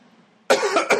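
After a brief hush, one sudden harsh adult cough breaks out in a few quick pulses: a plain dry cough, brought on by a sudden itch in the throat.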